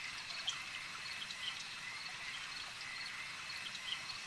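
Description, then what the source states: Insects humming in a constant high-pitched hiss, broken by a few soft ticks. A swarm of insects.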